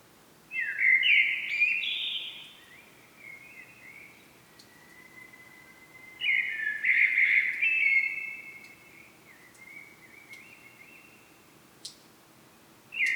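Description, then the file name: Common blackbird with two fluted song phrases about six seconds apart, softer warbled notes between them, a brief click, and a third phrase starting at the end. "Turdus merula"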